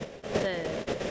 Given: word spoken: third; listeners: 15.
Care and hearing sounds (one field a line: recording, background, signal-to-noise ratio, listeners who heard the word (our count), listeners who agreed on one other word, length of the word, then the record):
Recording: one English word in noise, from a listening test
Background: noise modulated by three-talker babble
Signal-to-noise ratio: -3.5 dB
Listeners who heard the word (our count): 5 of 15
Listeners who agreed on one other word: 7 of 15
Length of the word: 0.71 s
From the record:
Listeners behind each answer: 7, 5, 1, 1, 1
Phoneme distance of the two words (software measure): 10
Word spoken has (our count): 1 syllable, 3 phonemes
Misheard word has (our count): 1 syllable, 3 phonemes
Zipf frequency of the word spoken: 5.17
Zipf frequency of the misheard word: 4.85